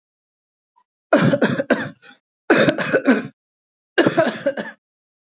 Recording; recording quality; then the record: shallow voluntary cough; excellent, no background noise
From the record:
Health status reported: healthy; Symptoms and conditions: none ticked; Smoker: not ticked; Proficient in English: yes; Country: India